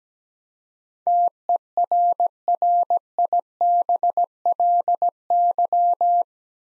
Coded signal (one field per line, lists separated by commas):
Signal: Morse code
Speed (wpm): 17 wpm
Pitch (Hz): 700 Hz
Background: none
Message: TERRIBLY